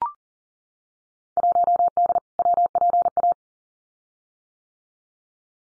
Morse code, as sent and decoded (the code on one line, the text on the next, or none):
.---- -.. / .-- .--. .-
1D WPA